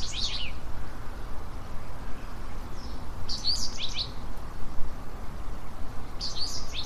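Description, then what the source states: Japanese wagtail song, short bursts of high, scratchy chirping notes at the start, middle and end, over constant low rushing background noise. Recorded at Fushimi River on 10 June 2017.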